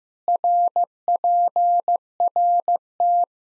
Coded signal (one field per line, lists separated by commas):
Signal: Morse code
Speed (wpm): 15 wpm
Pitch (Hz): 700 Hz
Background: none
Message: RPRT